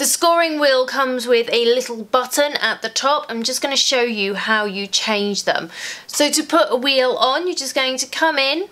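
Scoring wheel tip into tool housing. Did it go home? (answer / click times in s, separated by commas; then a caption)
no / none. A woman talks throughout while handling a cutting-machine scoring wheel tool, getting ready to push the scoring wheel tip down into its plastic housing, which has a little button at the top. Nothing has seated or clicked yet; the clip ends just before the tip goes home.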